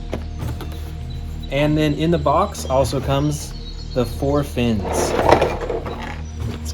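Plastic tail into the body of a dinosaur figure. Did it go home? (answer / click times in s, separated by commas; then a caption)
yes / 0.1 s. A plastic tail is attached to the main body of a toy dinosaur figure and clicks into place at about 0.1 s. A second short click follows at about 0.6 s, then someone talks over quiet background music.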